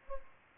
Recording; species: mosquito wingbeat signal from an infrared sensor; Culex pipiens